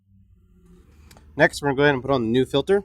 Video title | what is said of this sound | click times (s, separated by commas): 2016-18 GM Silverado/Sierra 2500HD 6.0L - Delta Force Cold Air Intake 615138 | next we'll go ahead and reconnect the sensor and push it into you here snap into place and go ahead and push down the red locking tab next | 1.1 s, 1.2 s